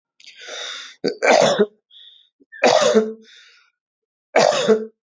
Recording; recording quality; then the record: heavy voluntary cough; excellent, no background noise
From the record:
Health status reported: healthy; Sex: male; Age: 31 years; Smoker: yes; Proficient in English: yes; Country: India